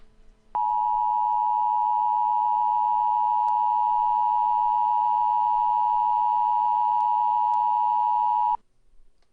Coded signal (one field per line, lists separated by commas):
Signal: Emergency Alert System (SAME) tones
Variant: 853 and 960 Hz attention tone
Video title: EAS Mock - The Facility Part 1 (note: the phone number at the end is fake)